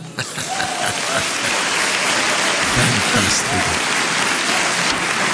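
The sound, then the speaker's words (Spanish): A live concert audience applauds: dense, steady clapping that forms a continuous hiss-like wash, holding at an even, fairly loud level for about five seconds. “Oye, y esto está, con esos aplausos, quiere decir que está grabado en un concierto.”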